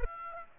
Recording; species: mosquito wingbeat signal from an infrared sensor; Aedes aegypti